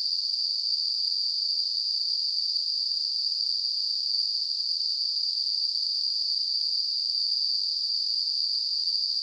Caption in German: Tinnitus.